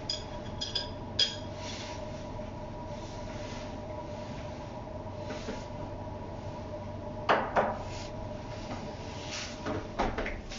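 Kitchen sounds while preparing a bed of sake lees for pickling. A steady low hum with a faint whine runs throughout, broken by occasional clicks and knocks near the start, a sharper clatter around seven seconds, and a few light taps toward the end.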